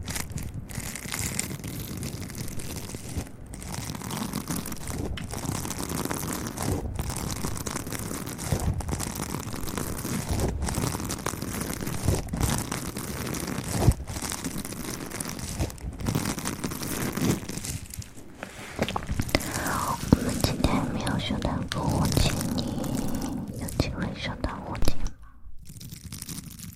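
ASMR mouth sounds and mic handling: a dense, continuous rustle of wet clicks, crinkly scratching and muffled gripping noises with no pauses. Regular dropouts and soft thumps recur every second or two, and near the end the sound cuts briefly to near silence.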